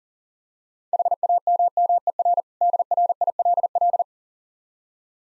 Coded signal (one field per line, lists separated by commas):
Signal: Morse code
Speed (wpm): 40 wpm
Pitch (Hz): 700 Hz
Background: none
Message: HAMMER DRILL